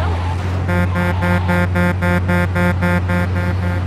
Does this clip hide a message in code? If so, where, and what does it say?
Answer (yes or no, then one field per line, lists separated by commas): no